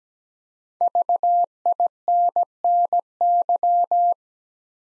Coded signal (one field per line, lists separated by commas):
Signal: Morse code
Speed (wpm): 17 wpm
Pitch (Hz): 700 Hz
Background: none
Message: VINNY